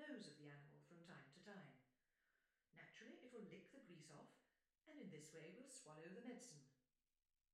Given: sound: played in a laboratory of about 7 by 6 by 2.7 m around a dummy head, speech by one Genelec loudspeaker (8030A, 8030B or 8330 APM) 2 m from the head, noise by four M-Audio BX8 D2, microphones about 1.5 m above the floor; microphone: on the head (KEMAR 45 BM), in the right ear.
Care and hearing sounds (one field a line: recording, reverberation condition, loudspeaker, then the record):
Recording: female speech in English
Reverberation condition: medium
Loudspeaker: 90 degrees to the left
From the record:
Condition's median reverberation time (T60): about 510 ms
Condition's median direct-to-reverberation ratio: about -0.5 dB